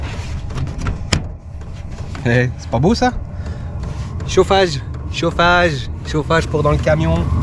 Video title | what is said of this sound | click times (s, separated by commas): UN CHAUFFAGE pour notre VAN 🚌🚌 VEVOR Chauffage Diesel https://www.vevor.fr/ | en fait ça se clip | 1.1 s